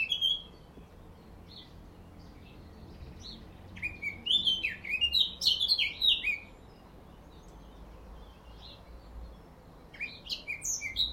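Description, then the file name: Eurasian blackcap song: a few scattered notes, then a rich warbled phrase of fast fluty notes, several seconds of quiet, then another phrase begins. "Sylvia atricapilla"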